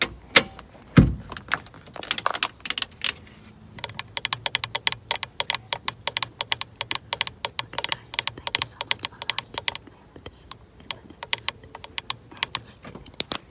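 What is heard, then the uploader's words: Quick, sharp taps on an old car's lens come in dense irregular bursts, with a louder knock near one second and a low steady hum underneath. FAST CAR TAPPING LENS TAPPING (OLDTIMER).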